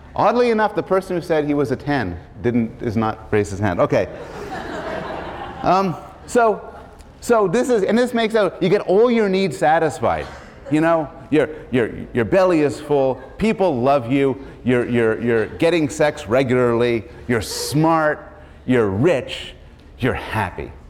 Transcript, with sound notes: Oddly enough, the person who said he was a ten didn't — does not raise his hand. Okay. [laughter] So this is- And this makes out — you get all your needs satisfied, your belly is full, people love you, you're getting sex regularly, you're smart, you're rich, you're happy,